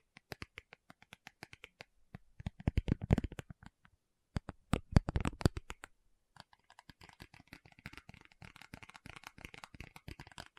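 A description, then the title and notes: Tapping session with quick, dry taps in uneven runs. Sparse light taps open, then denser, louder bursts come around 2.5–3.5 and 4.5–5.5 seconds, with a short silence near 6 seconds. A steady stream of lighter, faster clicking follows to the end. Tapping Session (No Talking).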